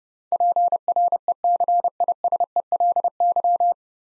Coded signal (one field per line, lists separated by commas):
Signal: Morse code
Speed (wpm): 31 wpm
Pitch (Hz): 700 Hz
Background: none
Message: PRECISELY